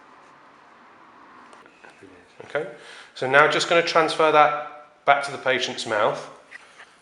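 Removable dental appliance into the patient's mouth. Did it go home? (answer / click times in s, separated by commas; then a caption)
no / none. A cleaned removable dental appliance is handled as it is transferred back toward the patient's mouth, with faint handling taps around 1.7 s and 2.4 s while someone talks. Nothing has seated or clicked into place yet; the clip ends before the appliance goes home.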